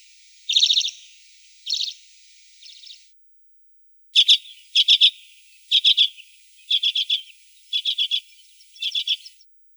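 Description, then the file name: Arctic redpoll calls: a few short chattering bursts, then a rapid series of dry, buzzy double and triple chet notes repeated about once a second, high-pitched, with no other sounds. "CHechetka pepelnaja"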